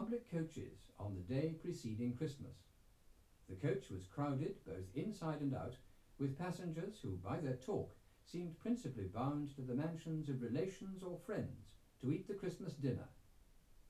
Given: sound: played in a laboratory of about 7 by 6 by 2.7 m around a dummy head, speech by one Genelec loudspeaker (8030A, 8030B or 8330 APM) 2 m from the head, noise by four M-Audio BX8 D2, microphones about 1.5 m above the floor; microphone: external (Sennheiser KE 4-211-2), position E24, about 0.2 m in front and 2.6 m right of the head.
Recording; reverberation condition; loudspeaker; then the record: male speech in English; low; 30 degrees to the right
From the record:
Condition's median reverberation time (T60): about 310 ms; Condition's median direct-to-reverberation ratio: about 3.5 dB